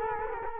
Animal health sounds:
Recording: mosquito wingbeat signal from an infrared sensor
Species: Culex quinquefasciatus

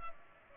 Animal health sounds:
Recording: mosquito wingbeat signal from an infrared sensor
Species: Culex pipiens

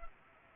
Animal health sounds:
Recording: mosquito wingbeat signal from an infrared sensor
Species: Culex pipiens

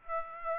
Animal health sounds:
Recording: mosquito wingbeat signal from an infrared sensor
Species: Aedes aegypti

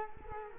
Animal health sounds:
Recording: mosquito wingbeat signal from an infrared sensor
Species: Culex quinquefasciatus

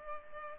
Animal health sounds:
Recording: mosquito wingbeat signal from an infrared sensor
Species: Culex pipiens

